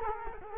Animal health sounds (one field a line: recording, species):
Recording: mosquito wingbeat signal from an infrared sensor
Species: Culex quinquefasciatus